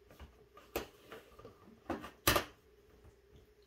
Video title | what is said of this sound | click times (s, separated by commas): You will Love this Folding Washing Machine I got From Amazon - Portable Washing Machine Review. | and you can hear the clicks as you go to make sure they actually secure | 0.8 s, 1.9 s, 2.3 s